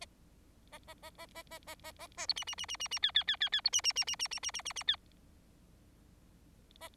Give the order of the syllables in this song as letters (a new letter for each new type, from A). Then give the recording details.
A A A A A A A A A A B C C C C C C D D D D D B C C C C C C C C C C D A. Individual Bird4